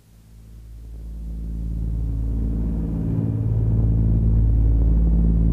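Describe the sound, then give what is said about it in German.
Airplane engines drone during a flight to New York, a deep steady rumble with layered low humming tones that swells over the first couple of seconds and then holds loud and even, with no voices. “Ich hab gedacht, im Flugzeug können wir vielleicht ein bisschen arbeiten. Aber dieses ewige Brummen der Motoren schläfert ein.”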